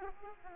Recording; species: mosquito wingbeat signal from an infrared sensor; Aedes aegypti